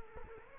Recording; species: mosquito wingbeat signal from an infrared sensor; Culex quinquefasciatus